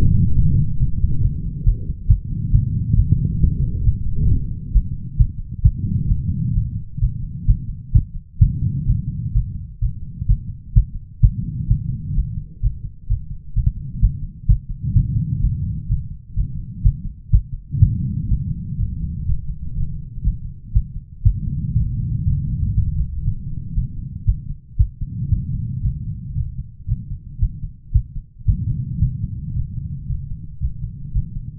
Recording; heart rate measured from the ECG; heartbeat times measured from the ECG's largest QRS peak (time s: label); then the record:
heart sounds by stethoscope; 125 bpm
0.36 s: heartbeat
0.78 s: heartbeat
1.21 s: heartbeat
1.64 s: heartbeat
2.08 s: heartbeat
2.52 s: heartbeat
2.95 s: heartbeat
3.39 s: heartbeat
3.83 s: heartbeat
4.28 s: heartbeat
4.73 s: heartbeat
5.17 s: heartbeat
5.63 s: heartbeat
6.08 s: heartbeat
6.54 s: heartbeat
7.00 s: heartbeat
7.46 s: heartbeat
7.93 s: heartbeat
8.39 s: heartbeat
8.86 s: heartbeat
9.33 s: heartbeat
9.80 s: heartbeat
10.27 s: heartbeat
10.74 s: heartbeat
11.21 s: heartbeat
11.68 s: heartbeat
12.14 s: heartbeat
12.61 s: heartbeat
13.08 s: heartbeat
13.54 s: heartbeat
14.00 s: heartbeat
14.47 s: heartbeat
14.94 s: heartbeat
15.40 s: heartbeat
15.88 s: heartbeat
16.35 s: heartbeat
16.83 s: heartbeat
17.31 s: heartbeat
17.79 s: heartbeat
18.28 s: heartbeat
18.77 s: heartbeat
19.25 s: heartbeat
19.74 s: heartbeat
20.23 s: heartbeat
20.73 s: heartbeat
21.23 s: heartbeat
21.74 s: heartbeat
22.24 s: heartbeat
22.74 s: heartbeat
23.24 s: heartbeat
23.74 s: heartbeat
24.25 s: heartbeat
24.77 s: heartbeat
25.29 s: heartbeat
25.81 s: heartbeat
26.34 s: heartbeat
26.86 s: heartbeat
27.39 s: heartbeat
27.92 s: heartbeat
28.46 s: heartbeat
28.99 s: heartbeat
29.53 s: heartbeat
30.06 s: heartbeat
30.59 s: heartbeat
31.12 s: heartbeat
From the record:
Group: healthy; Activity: rest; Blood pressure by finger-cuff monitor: 125/66 mmHg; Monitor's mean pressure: 85 mmHg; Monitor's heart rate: 126 bpm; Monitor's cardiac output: 10.5 L/min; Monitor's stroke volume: 84 mL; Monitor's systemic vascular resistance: 590 dyn s/cm5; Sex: female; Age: 43 years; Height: 160 cm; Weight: 90 kg